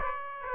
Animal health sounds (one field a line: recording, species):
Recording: mosquito wingbeat signal from an infrared sensor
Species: Aedes aegypti